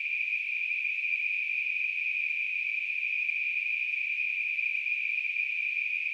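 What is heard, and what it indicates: A simulated tinnitus sound: a steady, unbroken band of high-pitched hissing noise centred near 2.5 kHz, holding an even level throughout, with no low-frequency content.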